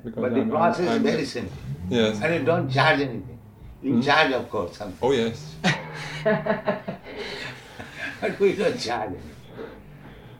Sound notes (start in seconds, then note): 4.4 laughs; 5.6 laughter